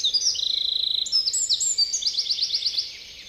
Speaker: Peukaloisen laulu on linnun kokoon nähden uskomattoman voimakas.